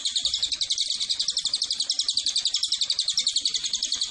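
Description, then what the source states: Cililin calling in a high, fast, unbroken series of sharp chattering notes for the whole stretch. Tutor track for training cage birds and lure to attract Cililin.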